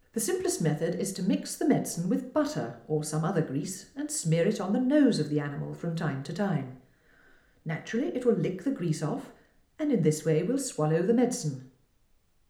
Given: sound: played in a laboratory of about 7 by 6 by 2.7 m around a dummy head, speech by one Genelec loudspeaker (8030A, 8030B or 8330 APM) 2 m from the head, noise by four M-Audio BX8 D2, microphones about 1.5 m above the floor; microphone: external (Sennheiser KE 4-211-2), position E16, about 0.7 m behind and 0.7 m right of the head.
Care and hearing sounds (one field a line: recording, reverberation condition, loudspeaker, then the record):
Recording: female speech in English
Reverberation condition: medium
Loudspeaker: 120 degrees to the right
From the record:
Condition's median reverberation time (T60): about 510 ms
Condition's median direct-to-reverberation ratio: about -0.5 dB